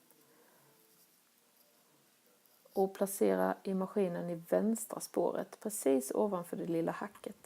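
A zipper (E) presser foot is taken out and handled before being placed into the sewing machine's shank, in the left groove just above the small notch. Faint low handling noise fills the first 2.8 seconds, then someone talks for the rest of the clip. The presser foot has not clicked on yet.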